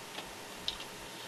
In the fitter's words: Ian luckily it just snaps back into place but yeah